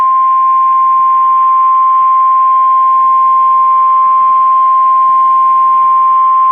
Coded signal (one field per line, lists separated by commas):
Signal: Emergency Alert System (SAME) tones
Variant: 1050 Hz attention tone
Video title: Severe Thunderstorm Watch (EAS 1869) 5/31/22